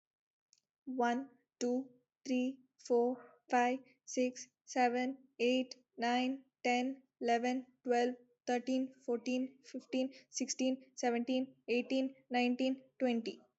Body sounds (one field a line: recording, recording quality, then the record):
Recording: counting at a normal pace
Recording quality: excellent, no background noise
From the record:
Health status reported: healthy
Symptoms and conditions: none ticked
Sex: female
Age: 19 years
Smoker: not ticked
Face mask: not worn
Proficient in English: yes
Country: India